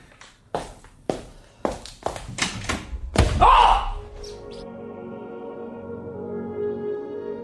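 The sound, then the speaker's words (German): Several dull thuds land in quick succession, building to one heavy, booming blow over a person's skull that knocks them out, after which a steady, buzzing drone with a ringing tone hangs on to the end. “Irgendein Zeitgenosse hatte mir ein höchst wirksames Schlafmittel über den Schädel gezogen.”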